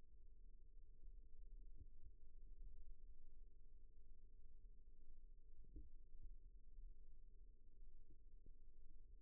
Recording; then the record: forearm muscle sounds (acoustic myography)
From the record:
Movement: rest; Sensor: system 1, eight BSWA MPA416 microphones around the upper forearm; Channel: 8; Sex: female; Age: 20 years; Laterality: right